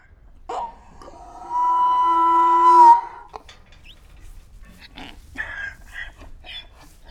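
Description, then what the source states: Donkey bray, a short rough note followed by one long, drawn-out, harmonic tone lasting over a second, then scuffing and clicking noises. Slow bray.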